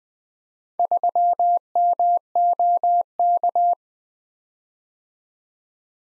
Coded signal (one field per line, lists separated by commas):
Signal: Morse code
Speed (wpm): 20 wpm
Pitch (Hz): 700 Hz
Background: none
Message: 3MOK